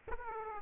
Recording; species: mosquito wingbeat signal from an infrared sensor; Aedes aegypti